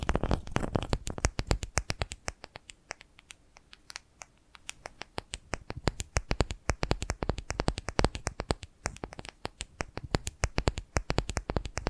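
Quick, dry tapping and scratching sounds fill the twelve seconds, a dense run of sharp clicks that come in irregular bursts. The taps are crisp and bright, packed most tightly at the start and again after about six seconds, with a thinner, quieter stretch around the fourth second.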